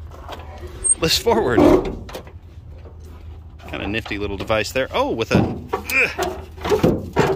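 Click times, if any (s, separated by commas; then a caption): none. A forward-tilting metal hood on a small Mazda hatchback in a junkyard is pushed toward its open position, trying to make it lock into its hinge lock, while someone talks throughout. Brief knocks are heard around 2.3 and 3.7 seconds, but the hood does not go far enough and nothing has clicked or locked into place yet.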